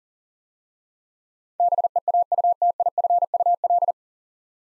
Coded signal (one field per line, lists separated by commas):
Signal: Morse code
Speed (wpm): 40 wpm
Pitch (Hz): 700 Hz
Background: none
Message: BEAUTIFUL